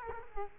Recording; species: mosquito wingbeat signal from an infrared sensor; Culex quinquefasciatus